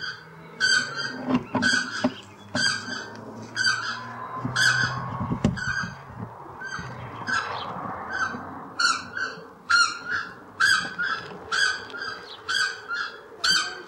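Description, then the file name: South Island takahe calls repeated about once a second, harmonic and clipped, with bursts of low rumbling and knocking noise in the first half. "Notornis"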